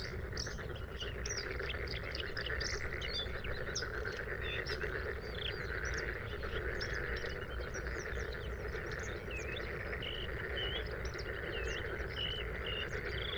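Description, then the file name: Bluethroat song, a busy series of high chirps turning into repeated whistled phrases near the end, with humming noise below. Recorded at Sha Cheng Wetland, Hebei, China, on 5 May 2025 at 06:10; three bursts of song separated by fades. "2025-05-05-0610-Bluethroat- three-bursts-of-song-separated-by-fades-Sha Cheng-Wetland-Hebei"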